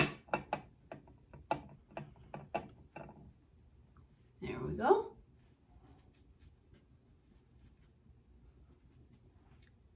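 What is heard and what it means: A twist cap on a liquid foundation bottle is turned shut, making a series of quick ratchet-like clicks over the first three seconds. The strongest click at 1.5 s is the cap clicking closed so the black part closes up. Someone talks briefly afterward.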